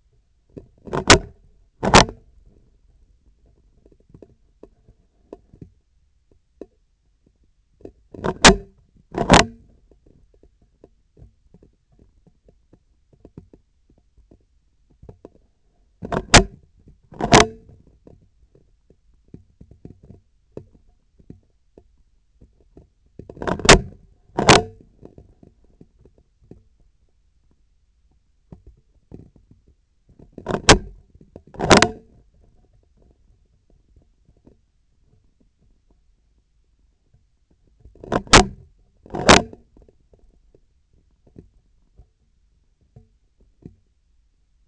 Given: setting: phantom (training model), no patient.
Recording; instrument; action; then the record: laparoscopic instrument, vibration sensor on the handle end; scissors; opening and closing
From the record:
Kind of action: tool actuation without material contact